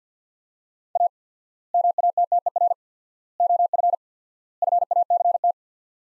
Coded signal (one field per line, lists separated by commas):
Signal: Morse code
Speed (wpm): 50 wpm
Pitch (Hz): 700 Hz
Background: none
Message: A MATTER OF FACT